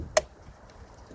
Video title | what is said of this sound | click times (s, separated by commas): 3rd brake light replacement on 2011 mini clubman | You have them click. | 0.2 s